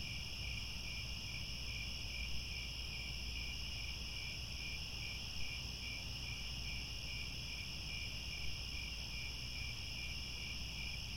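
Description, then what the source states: Crickets keep up a continuous high trilling chorus, rapid pulsed chirps layered at two pitches, over a quiet low-frequency rumble. Chorus of crickets at twilight, as the sun sets and stars come out.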